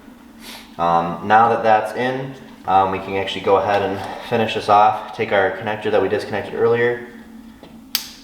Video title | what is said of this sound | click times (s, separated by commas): Infinite Autowerks Cold Air Intake for M240i/M340i/M440i B58 TU Overview and Installation | plug that right until it clicks and then make sure you push down the secondary white locking tab | 8.0 s